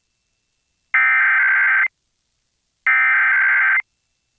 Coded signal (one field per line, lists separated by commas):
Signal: Emergency Alert System (SAME) tones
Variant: header bursts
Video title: [EAS] NC Required Monthly Test (WQDR Relay) - August 2024